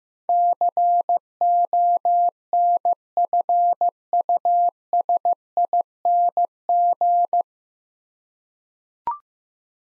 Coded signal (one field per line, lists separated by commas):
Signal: Morse code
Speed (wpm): 15 wpm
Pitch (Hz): 700 Hz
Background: none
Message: CONFUSING